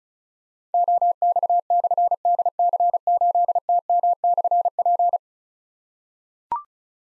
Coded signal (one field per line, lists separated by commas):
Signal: Morse code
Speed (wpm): 36 wpm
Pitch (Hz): 700 Hz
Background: none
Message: OX/DC8TM/P